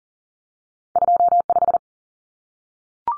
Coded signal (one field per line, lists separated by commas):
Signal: Morse code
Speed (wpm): 40 wpm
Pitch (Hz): 700 Hz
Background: none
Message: 25